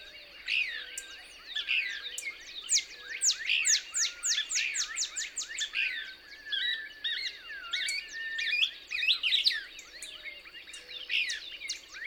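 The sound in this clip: Couch's Kingbird twittering song: bursts of sharp, high, falling notes and jumbled twitters, with a thin steady tone behind.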